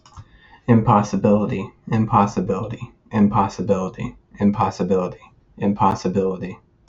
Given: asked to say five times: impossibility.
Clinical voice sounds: repeated word; male; 20 to 29 years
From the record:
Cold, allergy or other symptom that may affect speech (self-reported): no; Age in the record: 24 years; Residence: Missouri, United States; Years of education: 16

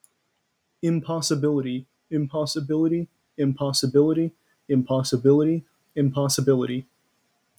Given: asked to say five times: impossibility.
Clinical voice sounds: repeated word; male; 18 to 19 years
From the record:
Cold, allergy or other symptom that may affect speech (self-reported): no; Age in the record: 18 years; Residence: Massachusetts, United States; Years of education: 14

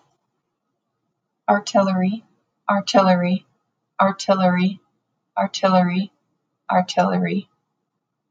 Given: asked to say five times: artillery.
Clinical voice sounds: repeated word; female; 30 to 39 years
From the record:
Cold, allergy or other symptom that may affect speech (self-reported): no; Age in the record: 39 years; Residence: Minnesota, United States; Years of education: 12

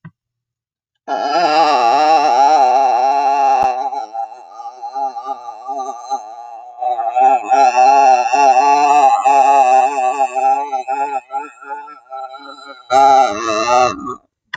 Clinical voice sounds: vowel held as long as possible; female; 20 to 29 years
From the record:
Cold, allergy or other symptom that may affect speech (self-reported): no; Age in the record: 23 years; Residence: California, United States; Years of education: 14

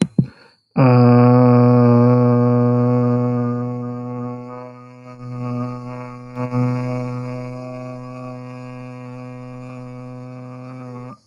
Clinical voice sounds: vowel held as long as possible; male; 30 to 39 years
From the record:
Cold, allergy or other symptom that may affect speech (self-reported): no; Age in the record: 30 years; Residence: Texas, United States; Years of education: 18

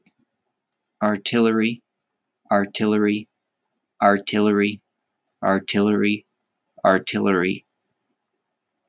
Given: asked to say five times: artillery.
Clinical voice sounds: repeated word; male; 30 to 39 years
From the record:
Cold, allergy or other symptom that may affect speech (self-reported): no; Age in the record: 33 years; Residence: Utah, United States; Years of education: 12

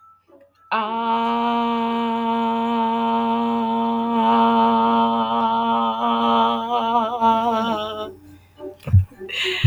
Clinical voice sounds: vowel held as long as possible; female; 20 to 29 years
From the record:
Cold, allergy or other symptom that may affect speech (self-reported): no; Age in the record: 25 years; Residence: Italy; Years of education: 16

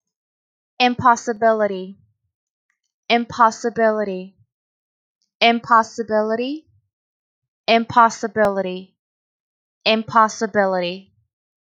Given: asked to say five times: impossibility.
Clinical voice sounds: repeated word; female; 20 to 29 years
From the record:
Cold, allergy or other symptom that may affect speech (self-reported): no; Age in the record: 25 years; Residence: California, United States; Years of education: 16

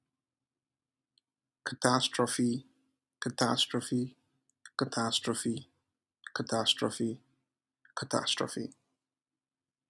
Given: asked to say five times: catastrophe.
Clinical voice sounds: repeated word; male; 20 to 29 years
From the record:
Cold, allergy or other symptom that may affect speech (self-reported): no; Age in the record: 29 years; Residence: United States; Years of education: 17

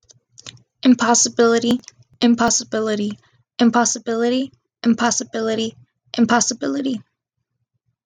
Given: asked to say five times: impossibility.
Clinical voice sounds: repeated word; female; 20 to 29 years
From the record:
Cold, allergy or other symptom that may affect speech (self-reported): no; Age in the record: 20 years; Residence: Texas, United States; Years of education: 14

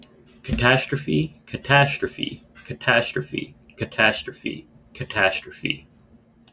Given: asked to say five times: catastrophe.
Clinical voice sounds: repeated word; male; 20 to 29 years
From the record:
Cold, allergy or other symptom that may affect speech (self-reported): no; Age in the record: 24 years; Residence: Pennsylvania, United States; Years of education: 18

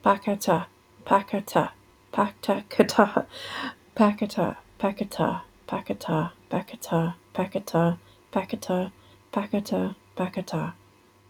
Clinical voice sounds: repeated syllables /pa ta ka/; female; 30 to 39 years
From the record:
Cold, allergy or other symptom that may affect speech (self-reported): no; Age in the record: 35 years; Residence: Ohio, United States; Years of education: 17

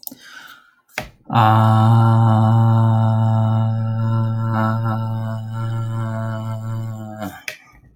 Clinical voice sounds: vowel held as long as possible; male; 30 to 39 years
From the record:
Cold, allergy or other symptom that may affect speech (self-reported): no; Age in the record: 32 years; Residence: Maryland, United States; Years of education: 16

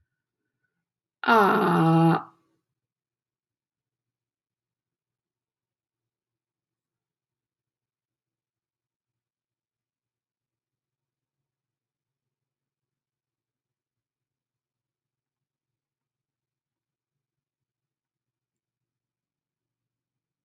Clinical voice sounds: vowel held as long as possible; female; 20 to 29 years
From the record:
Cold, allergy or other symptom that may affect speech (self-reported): no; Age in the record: 25 years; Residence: Texas, United States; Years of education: 16

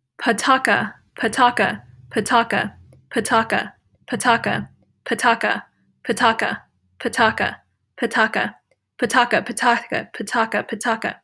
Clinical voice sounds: repeated syllables /pa ta ka/; female; 20 to 29 years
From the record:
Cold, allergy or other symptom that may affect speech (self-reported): no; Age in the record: 23 years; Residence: Virginia, United States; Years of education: 17

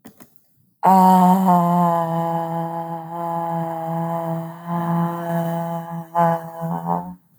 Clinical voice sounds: vowel held as long as possible; female; 40 to 49 years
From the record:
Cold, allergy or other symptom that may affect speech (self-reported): no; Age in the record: 45 years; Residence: Texas, United States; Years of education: 14

